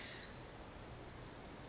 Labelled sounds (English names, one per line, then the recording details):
Pacific Wren
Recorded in Sonoma County, California